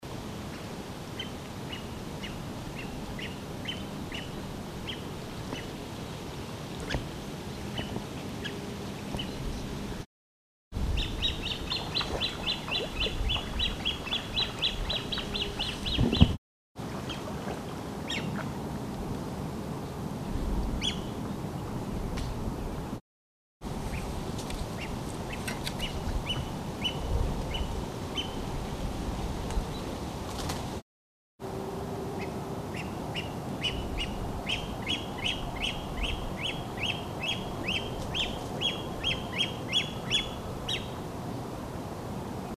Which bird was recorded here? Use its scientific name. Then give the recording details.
Podiceps cristatus. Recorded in the wild. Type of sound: call. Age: juvenile. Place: Liepnitzsee, Naturpark Barnim, Brandenburg, DE. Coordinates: 52.7411, 13.4983. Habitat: lake. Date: 2013-08-24. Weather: cloudy, 20°C. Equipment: Olympus LS-3, Olympus ME31. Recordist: Frommolt, Karl-Heinz. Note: Rufe eines jungen Haubentauchers. Aufnahme geschnitten. Tier gesehen